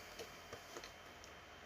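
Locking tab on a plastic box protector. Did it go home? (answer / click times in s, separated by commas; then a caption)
no / none. The locking tab of a plastic collectible-figure box protector is handled as it is about to be pushed in to lock the protector shut, giving a few faint, short plastic ticks and taps over low background hiss, the sharpest near 0.8 and 1.2 seconds. Nothing has seated or clicked yet; the tab has not snapped into place.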